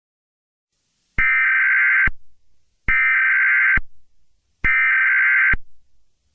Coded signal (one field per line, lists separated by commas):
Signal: Emergency Alert System (SAME) tones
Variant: header bursts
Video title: EAS Scenario #10: Sayori's Rampage.